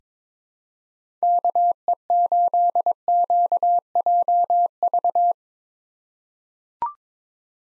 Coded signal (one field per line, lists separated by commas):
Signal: Morse code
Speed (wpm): 22 wpm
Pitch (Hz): 700 Hz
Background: none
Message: KE8QJV